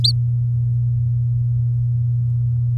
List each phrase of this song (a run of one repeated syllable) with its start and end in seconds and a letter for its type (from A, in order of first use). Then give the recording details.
0.04-0.11 A. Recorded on 8 May 2018 at 19:48. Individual llb16